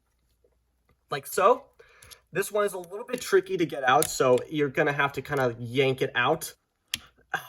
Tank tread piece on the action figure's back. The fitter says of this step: and then until you hear that click and then what you want to do